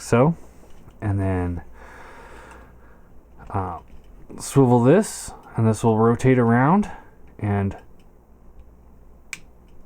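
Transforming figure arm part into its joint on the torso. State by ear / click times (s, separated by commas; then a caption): seated / 9.3 s. Someone talks while swiveling and rotating an arm or shoulder part of a Perfect Effect Leonidas die-cast and plastic transforming robot figure around its joint on the torso. A single sharp snap at 9.3 s marks the part locking into place.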